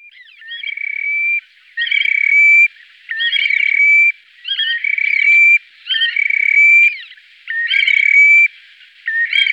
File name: terek sandpiper